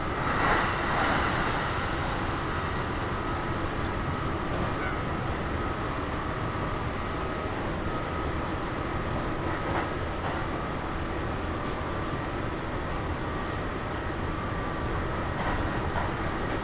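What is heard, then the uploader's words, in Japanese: A Kintetsu Nagoya Line local train runs from Shiohama toward Shiroko, its steady rumbling roar filling the whole clip at an even level. A faint thin whine holds underneath, and brief clanks and rattles surface around seconds 1, 8, 10 and 15. 近鉄名古屋線各駅停車 塩浜→白子。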